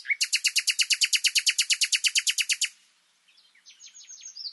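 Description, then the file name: Common nightingale song: a loud, rapid, evenly spaced rattle of broad notes lasting over two seconds, followed by softer twittering phrases. "Luscinia megarhynchos"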